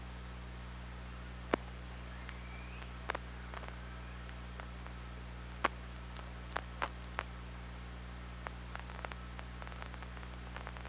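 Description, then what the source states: Killer whale call: one brief, rising tonal note early on, then scattered sharp clicks that grow busier toward the end, over a droning low hum. OrcaLab hydrophone, 24 August 2017, 07:29:54.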